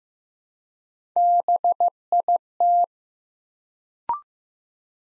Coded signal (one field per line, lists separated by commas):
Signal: Morse code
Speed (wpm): 15 wpm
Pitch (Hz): 700 Hz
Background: none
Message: BIT